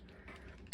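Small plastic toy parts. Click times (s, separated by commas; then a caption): 0.7 s. A plastic Transformers Studio Series 86 Devastator combiner robot toy body section is collapsed and pushed together during its transformation until a part locks into position. Quiet plastic shuffling and ratchet-like clicking build up, then one sharp, loud click sounds at 0.7 s as the part seats in place.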